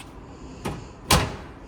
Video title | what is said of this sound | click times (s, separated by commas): Virtual Walkthrough 2026 Rockwood Signature 8265KBS Travel Trailer #recreationalvehicle #rvlife | Clicks into place. | 1.1 s